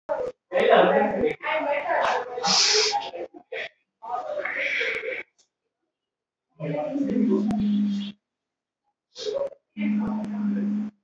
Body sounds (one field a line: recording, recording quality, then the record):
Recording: sustained vowel as in beet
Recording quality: poor, much background noise or distortion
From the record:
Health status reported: recovered from COVID-19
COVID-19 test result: positive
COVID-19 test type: RT-PCR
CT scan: not taken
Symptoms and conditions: cough, cold, sore throat, fever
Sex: female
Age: 31 years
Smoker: no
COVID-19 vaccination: both doses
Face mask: worn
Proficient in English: yes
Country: India